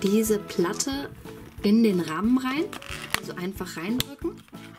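A plastic window pane is being pressed into a plastic window frame from a Playmobil church set (5053) while someone talks over background music. Nothing has seated or clicked yet; the clip ends just before the pane snaps home.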